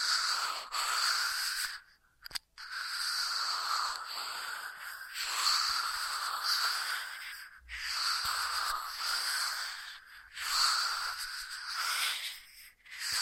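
Ear massage sounds: a continuous soft rubbing and brushing hiss with a bright, airy texture that swells and fades in slow waves. Brief near-silent breaks come around 2 and 7.5 seconds, and faint crackly touches appear throughout.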